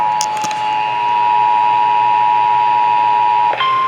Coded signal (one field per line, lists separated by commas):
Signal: Emergency Alert System (SAME) tones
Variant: 853 and 960 Hz attention tone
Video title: T' STORM ALERT HAS BEEN ISSUED FOR HARRIS CO. HGX MESSAGE EAS Alerts from 8/24/23 (EAS#470 & #483)